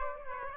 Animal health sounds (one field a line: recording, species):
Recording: mosquito wingbeat signal from an infrared sensor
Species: Aedes aegypti